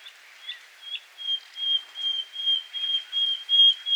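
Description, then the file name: Common nightingale whistles: a run of long, pure, high whistled notes repeated steadily and slowly gaining in loudness over a quiet background. "Luscinia megarhynchos"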